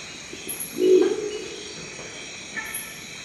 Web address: Crested owl. صدای-جغد-کاکلی